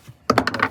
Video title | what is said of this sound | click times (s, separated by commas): G35/350z GAS GAUGE ISSUES FIXED ‼️‼️ | flathead. Pop it. It's popped. | 0.3 s